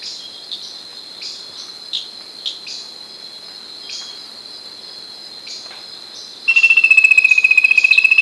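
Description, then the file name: Bird call: a steady whistled tone, finely pulsed and slightly wavering, arriving near the end over a continuous high, ticking insect-like buzz. "SABIOD 50 bird 2015"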